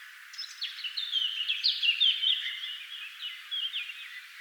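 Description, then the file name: Eurasian blackcap song: an unbroken, fast warbling stream of varied whistles and chatters over constant background hiss. "Sylvia atricapilla"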